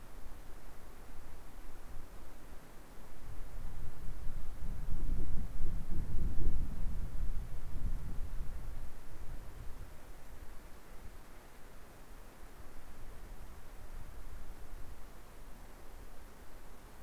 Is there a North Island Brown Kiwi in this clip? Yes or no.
no